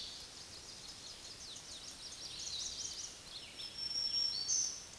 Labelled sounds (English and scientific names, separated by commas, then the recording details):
Black-throated Green Warbler (Setophaga virens) song
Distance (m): 15 m
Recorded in a Pennsylvania forest on 20 May 2023 at 06:23
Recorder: AudioMoth, point grid1_36_low
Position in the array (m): 102 m, 159 m